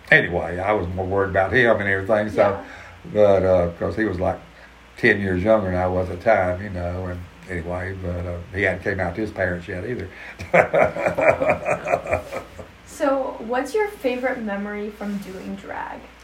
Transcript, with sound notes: anyway, I was more worried about him and everything- but uh- cause he was like ten years younger than I was at the time, you know, and anyway. But uh, he hadn’t came out to his parents yet either (laughs)
So, what’s your favorite memory from doing drag?